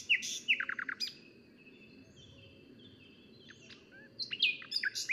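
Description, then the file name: Common nightingale song fragments: a quick run of repeated notes, long thin whistles in a quieter stretch, then loud sharp notes returning, with constant background noise. "Luscinia megarhynchos"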